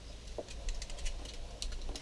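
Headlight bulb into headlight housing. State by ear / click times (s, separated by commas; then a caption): seated / 1.6 s. A headlight bulb is put back into the rear of the headlight housing on a 2002 Lexus GS 300 and turned or pushed until it locks. Small ticks and clicks sound throughout, with a sharp click at 1.6 seconds as the bulb locks into place, nice and snug.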